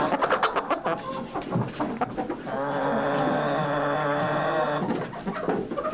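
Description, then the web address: Chicken clucks in quick runs before and after a long drawn-out tonal sound. Chicken clucking while moving around. "chicken clucking moving around donkey in bg animal bird"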